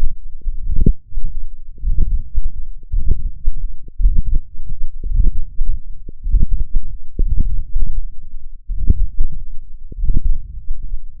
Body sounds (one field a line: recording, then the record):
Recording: forearm muscle sounds (acoustic myography)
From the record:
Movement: hand closing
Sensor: system 1, eight BSWA MPA416 microphones around the upper forearm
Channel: 8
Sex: male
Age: 21 years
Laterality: right